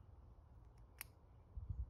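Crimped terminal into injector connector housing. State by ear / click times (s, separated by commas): seated / 1.0 s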